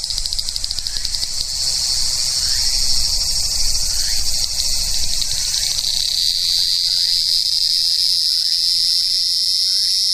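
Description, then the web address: Large brown cicada song: dense, unbroken buzzing drone that shifts to a smoother, purer whine midway, with faint low background rumble. "sikioto insect aburazemi"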